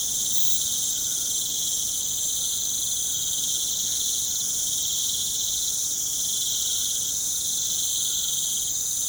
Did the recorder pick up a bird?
no